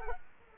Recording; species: mosquito wingbeat signal from an infrared sensor; Culex quinquefasciatus